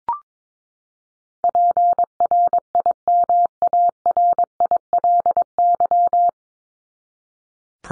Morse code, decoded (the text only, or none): PRIMARILY